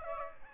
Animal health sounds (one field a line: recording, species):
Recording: mosquito wingbeat signal from an infrared sensor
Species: Aedes albopictus